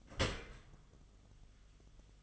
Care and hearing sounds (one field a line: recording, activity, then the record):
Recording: daily activity, microphone in the room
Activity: open dishwasher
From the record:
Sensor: 4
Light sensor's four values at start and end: 11/26/10/10 and 11/25/10/10